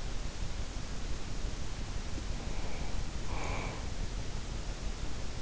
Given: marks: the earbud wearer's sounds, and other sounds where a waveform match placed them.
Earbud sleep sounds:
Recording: sounds in sleep by an in-ear microphone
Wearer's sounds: breath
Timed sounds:
2.21-4.04 s: breath

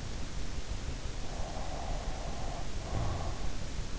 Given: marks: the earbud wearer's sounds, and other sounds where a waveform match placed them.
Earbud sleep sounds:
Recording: sounds in sleep by an in-ear microphone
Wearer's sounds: snoring breath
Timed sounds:
1.26-3.50 s: snoring breath

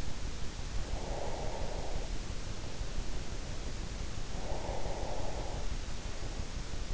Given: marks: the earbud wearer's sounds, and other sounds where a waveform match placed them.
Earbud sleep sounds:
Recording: sounds in sleep by an in-ear microphone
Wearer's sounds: breath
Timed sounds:
0.44-2.45 s: breath
4.13-6.04 s: breath

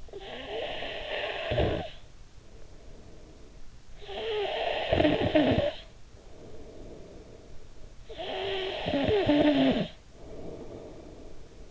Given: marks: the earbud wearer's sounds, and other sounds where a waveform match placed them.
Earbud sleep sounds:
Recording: sounds in sleep by an in-ear microphone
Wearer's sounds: snoring breath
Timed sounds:
0.00-3.72 s: snoring breath
3.89-7.84 s: snoring breath
7.99-11.70 s: snoring breath

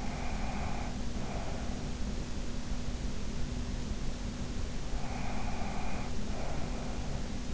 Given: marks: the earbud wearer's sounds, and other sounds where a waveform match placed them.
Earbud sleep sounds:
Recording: sounds in sleep by an in-ear microphone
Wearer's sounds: breath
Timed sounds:
0.00-1.93 s: breath
4.96-7.19 s: breath

